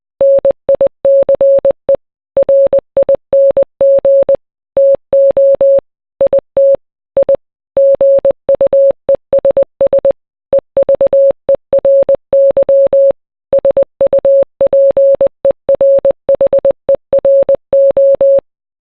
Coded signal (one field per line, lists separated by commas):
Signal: Morse code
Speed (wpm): 20 wpm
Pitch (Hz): 550 Hz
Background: none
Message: NICE RING TO IT I GUESS EVERY SUPERHERO